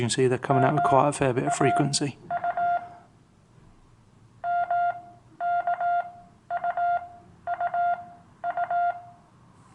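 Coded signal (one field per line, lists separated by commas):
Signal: Morse code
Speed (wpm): 18 wpm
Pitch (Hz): 700 Hz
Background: speech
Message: MA U MKUUU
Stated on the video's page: Morse from the Morse Koch CW Android training app demonstration.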